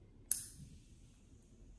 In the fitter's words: the click sound good